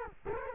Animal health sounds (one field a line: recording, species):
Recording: mosquito wingbeat signal from an infrared sensor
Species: Culex quinquefasciatus